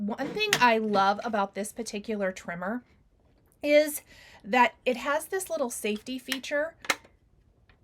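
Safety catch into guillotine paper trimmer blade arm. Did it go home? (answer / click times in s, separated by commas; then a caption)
yes / 6.9 s. Someone talks while pushing the small safety catch on a guillotine paper trimmer into place, so it locks the cutting arm and holds the blade to prevent accidental cuts. A sharp click at 6.9 s marks the catch popping in and seating.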